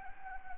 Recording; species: mosquito wingbeat signal from an infrared sensor; Anopheles gambiae